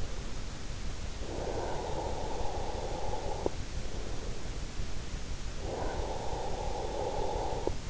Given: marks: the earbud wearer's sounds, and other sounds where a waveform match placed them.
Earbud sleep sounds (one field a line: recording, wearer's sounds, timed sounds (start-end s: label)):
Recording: sounds in sleep by an in-ear microphone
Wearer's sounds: breath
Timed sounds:
1.22-3.58 s: breath
5.69-7.90 s: breath